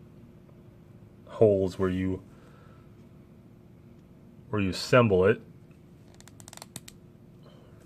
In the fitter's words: you just hear that snap there